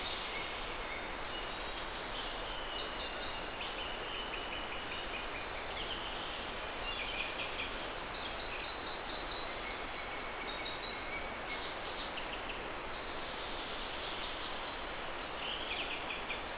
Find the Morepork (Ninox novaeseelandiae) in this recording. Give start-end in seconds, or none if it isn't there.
none